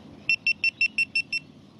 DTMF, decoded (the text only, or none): none